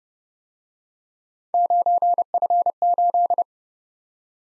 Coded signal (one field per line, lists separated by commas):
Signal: Morse code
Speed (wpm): 29 wpm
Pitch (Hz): 700 Hz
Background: none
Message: 9F8